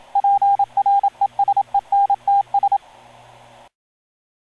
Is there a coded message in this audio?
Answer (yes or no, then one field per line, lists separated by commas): yes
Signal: Morse code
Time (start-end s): 0.2-2.8 s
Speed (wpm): 27 wpm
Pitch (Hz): 800 Hz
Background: radio noise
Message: PRESENTS